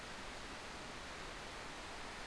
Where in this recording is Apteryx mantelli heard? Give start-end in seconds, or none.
none